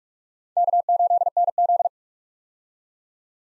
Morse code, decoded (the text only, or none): K8NZ